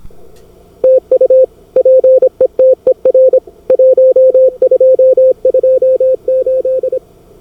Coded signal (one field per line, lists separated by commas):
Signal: Morse code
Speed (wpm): 25 wpm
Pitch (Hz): 530 Hz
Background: none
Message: TU PETER 1228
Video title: 19 Aug 2020 CW Operators Club weekly CWT mini contest-Start to Submission. QRS and talk through.